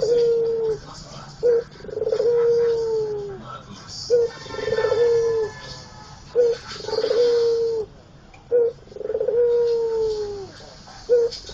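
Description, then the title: Barbary dove giving a repeated low coo roughly every two and a half seconds. A short clipped note is followed by a long, gently falling tone, four times over. White Barbary dove; training recording (masteran) made for teaching songbirds. "Masteran Burung Puter Putih"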